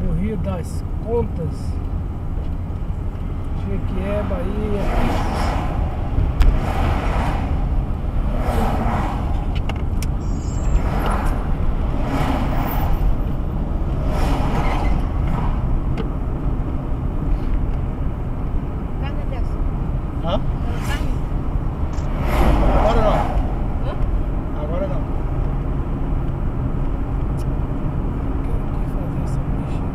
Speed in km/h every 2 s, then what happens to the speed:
35, 38, 40, 43, 46, 48, 50, 51, 50, 51, 52, 54, 55, 56, 55.
0-13 speeds up to 51. 13-30 steady at about 52.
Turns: none.